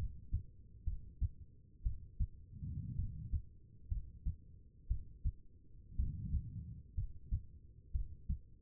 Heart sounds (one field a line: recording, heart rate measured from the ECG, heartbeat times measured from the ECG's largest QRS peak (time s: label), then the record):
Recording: heart sounds by stethoscope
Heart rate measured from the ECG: 59 bpm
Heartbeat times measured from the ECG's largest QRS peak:
0.84 s: heartbeat
1.83 s: heartbeat
2.96 s: heartbeat
3.89 s: heartbeat
4.88 s: heartbeat
5.96 s: heartbeat
6.95 s: heartbeat
7.92 s: heartbeat
From the record:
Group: healthy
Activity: rest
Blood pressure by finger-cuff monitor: 102/69 mmHg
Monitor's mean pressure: 78 mmHg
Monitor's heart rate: 61 bpm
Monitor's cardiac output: 4.5 L/min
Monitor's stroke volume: 74 mL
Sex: female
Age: 36 years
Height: 163 cm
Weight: 88 kg